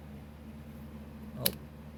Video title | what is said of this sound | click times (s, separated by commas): Gimmick or gold? - An honest review(6): Skullcandy ecobuds | Alright, so as you could see there for a moment, basically, this thing just snapped into place. | 1.5 s